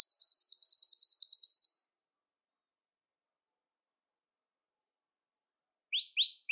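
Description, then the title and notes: Belgian canary giving a fast, high rolling trill lasting under two seconds, then silence and a few short rising notes at the end. "Canario Belga, nyonyastudio"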